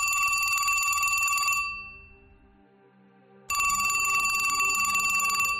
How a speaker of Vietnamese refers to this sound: thì điện thoại trên tủ đầu giường lại cứ reo inh ỏi.